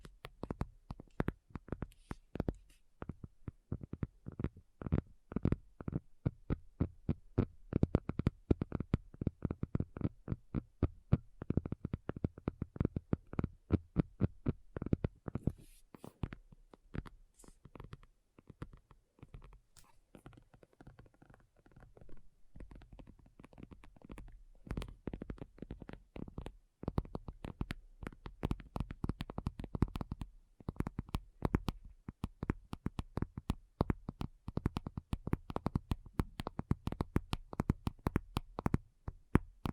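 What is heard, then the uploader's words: Quick, dense tapping runs throughout, with soft thuds and light clicks falling in rapid irregular bursts. The taps come several per second, louder in the first half, thinner and quieter around the middle, then building again toward the end over a low hum. ASMR Addictive Tapping. (No Talking).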